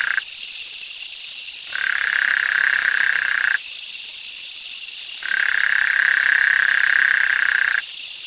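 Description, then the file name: Mahogany tree frog calling in long, loud bursts of rapid croaking separated by pauses, over a steady high-pitched insect drone. "Tlalocohyla loquax"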